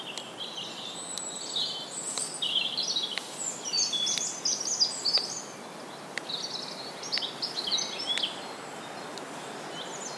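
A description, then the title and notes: Ancient woodland with many birds chirping and trilling high and bright over a soft steady hiss, sharp clicks breaking through every second or so. Accompanied by the sound of a ticking clock, created by breaking the twigs of trees killed by climate change. A soundscape of ancient woodlands, recorded throughout the year. Accompanied by the sound of a ticking clock, created by breaking the twigs of trees.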